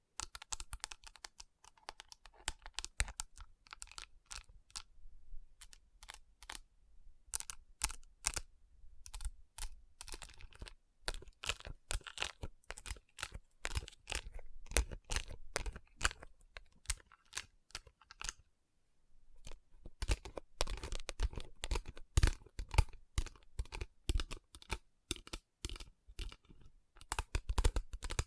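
Fingernails tap and rub over rhinestone-covered palms, making a dense run of sharp, bright clicks and short scratchy strokes. The tapping comes in quick irregular bursts with brief pauses near 9 and 19 seconds, then resumes busier and louder toward the end.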